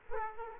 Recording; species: mosquito wingbeat signal from an infrared sensor; Aedes aegypti